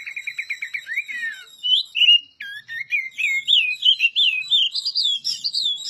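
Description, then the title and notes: Oriental magpie-robin song: a buzzy trill gives way to a rapid, varied stream of sweet whistled notes climbing in pitch, sung almost without pause. Master song for training other birds; the bird is singing vigorously (gacor). "Suara Burung Kacer masteran. burung kacer gacor hebat"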